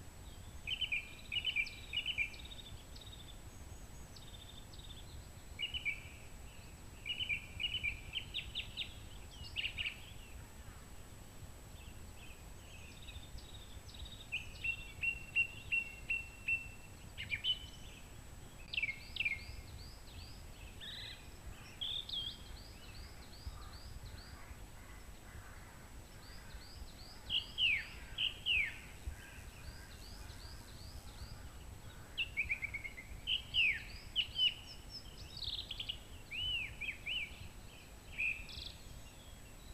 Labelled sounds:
Song Thrush (Turdus philomelos) song

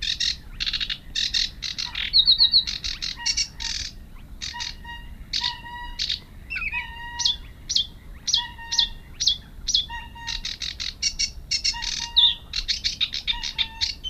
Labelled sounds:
Sedge Warbler (Acrocephalus schoenobaenus) song

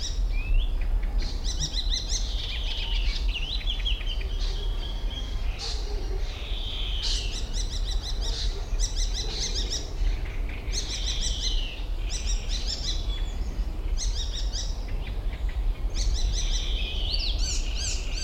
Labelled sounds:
Common Cuckoo (Cuculus canorus) call

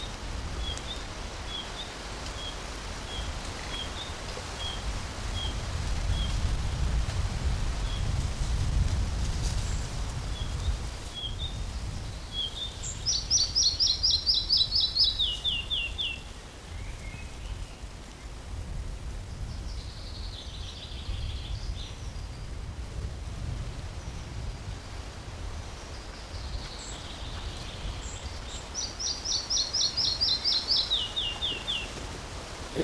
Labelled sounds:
Red-breasted Flycatcher (Ficedula parva)

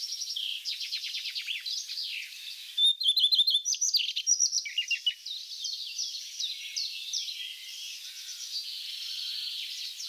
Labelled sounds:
Common Redstart (Phoenicurus phoenicurus) song

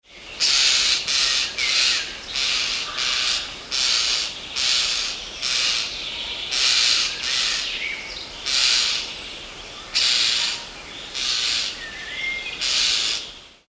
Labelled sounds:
European Starling (Sturnus vulgaris)

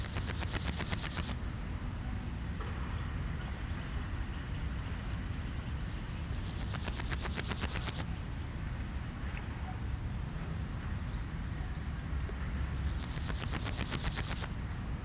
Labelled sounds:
Meadow Grasshopper (Chorthippus parallelus) stridulation

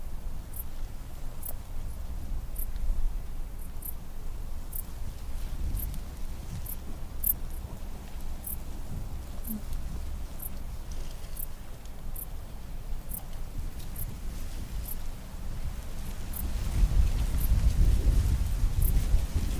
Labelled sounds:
Dark Bush-cricket (Pholidoptera griseoaptera) stridulation

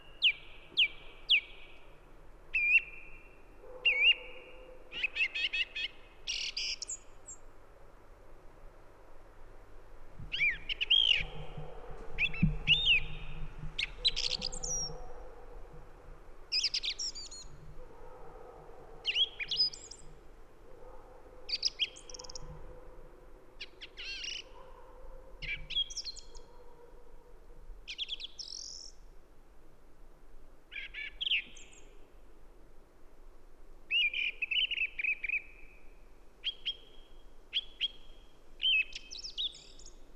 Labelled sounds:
Song Thrush (Turdus philomelos) song

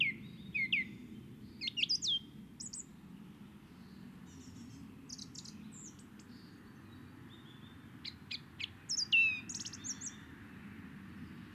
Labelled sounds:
Song Thrush (Turdus philomelos) song

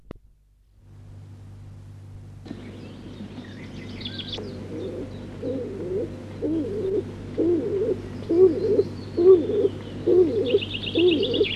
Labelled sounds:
Stock Dove (Columba oenas) call

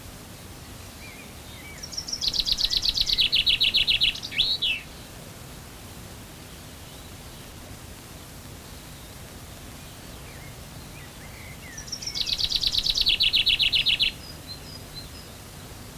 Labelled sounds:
Common Chaffinch (Fringilla coelebs) song

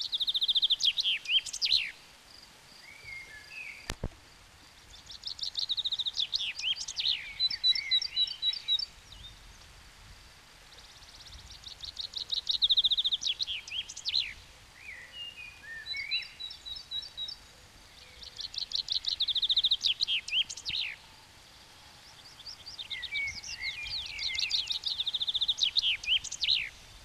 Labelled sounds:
Common Chaffinch (Fringilla coelebs) song

